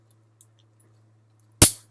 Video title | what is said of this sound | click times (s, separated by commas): Fidget Spinners | and yeah that that is the thing about bees is like you really gotta press too and you can hear it snap like that to break it through | 1.6 s